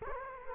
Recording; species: mosquito wingbeat signal from an infrared sensor; Culex quinquefasciatus